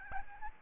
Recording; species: mosquito wingbeat signal from an infrared sensor; Aedes albopictus